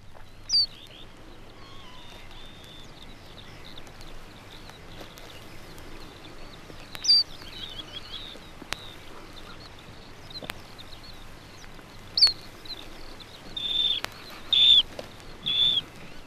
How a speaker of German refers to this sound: Hohe Pfiffe von 3 Stunden alten Jungvögeln.